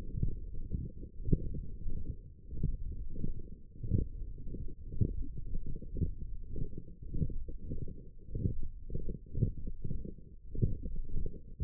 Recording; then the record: forearm muscle sounds (acoustic myography)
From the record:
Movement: wrist extension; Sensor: system 1, eight BSWA MPA416 microphones around the upper forearm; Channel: 7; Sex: male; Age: 23 years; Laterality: right